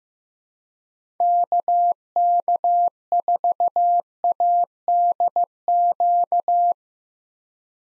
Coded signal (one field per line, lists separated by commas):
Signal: Morse code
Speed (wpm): 15 wpm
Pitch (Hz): 700 Hz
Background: none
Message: KK4ADQ